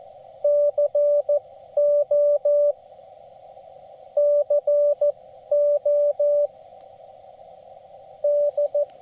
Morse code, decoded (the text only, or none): CO CO D